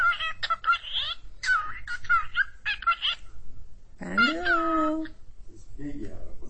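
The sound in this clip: Cockatiel calls: rapid, chirpy warbled phrases in short bursts, then a longer, lower, rising squawk, followed by more scattered chatter.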